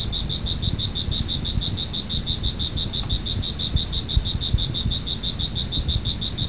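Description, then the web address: Cricket giving fast, evenly spaced high chirps that run without a break, with a low rumble underneath throughout. "特酷声音素材库 动物 昆虫 蟋蟀"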